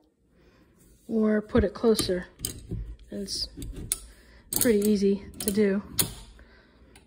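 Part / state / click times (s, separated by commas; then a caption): bike hanger arm into wall mounting bracket / seated / 7.0 s. The metal arm of a bike wall hanger is pushed into its wall bracket so the spring button lines up with one of the bracket holes. Someone talks while mechanical rattles and clicks are heard. At 7.0 s the arm snaps and locks into place.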